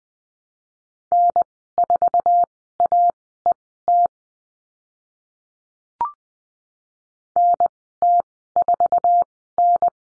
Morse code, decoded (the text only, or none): N4AET NT4N